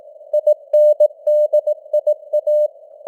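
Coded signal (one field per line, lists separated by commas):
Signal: Morse code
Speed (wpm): 18 wpm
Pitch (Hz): 600 Hz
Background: none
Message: INDIA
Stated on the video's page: News headlines sent in Morse with simulated radio noise and varying signal strength (QSB), an experiment.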